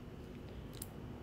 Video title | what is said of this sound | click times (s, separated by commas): BCM Pre-Terminated Leads / Pinning your BCM | I heard the click. So there's your positive lock. | 0.8 s